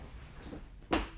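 A door opens with a single sharp click-thud of the latch, set against a low background rumble with no voices.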